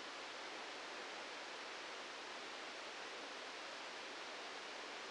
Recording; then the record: brain microelectrode recording played as sound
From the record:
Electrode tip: outside the subthalamic nucleus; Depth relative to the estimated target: 3 mm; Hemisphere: right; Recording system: NeuroSet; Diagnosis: Parkinson's disease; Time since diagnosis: 13 years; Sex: male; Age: 65 years